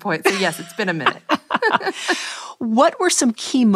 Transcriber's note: laughter